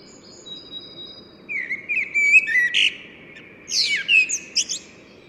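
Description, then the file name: Common blackbird giving two short song phrases of fluty notes, each ending in a squeaky, twittering flourish. A thin, high steady whistle is heard first. "Turdus merula"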